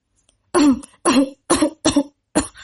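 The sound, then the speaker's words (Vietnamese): Five loud, harsh dry coughs come in quick succession, each a ragged burst with barely a pause between, like someone struggling to catch their breath. No one speaks. “Kim Tại Trung liều mạng ho khan, suýt nữa không thở nổi.”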